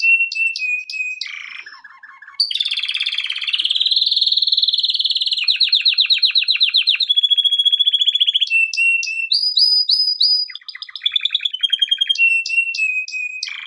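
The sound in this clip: Canary singing continuously, fast repeated trills shifting in pitch, buzzy rolls and clear whistled notes following one another without a break.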